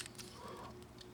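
Plastic wheel parts on a transforming robot toy body are pulled out and swung into position, giving soft handling rustles and faint plastic ticks over a low, steady background. Nothing has seated or locked into place yet.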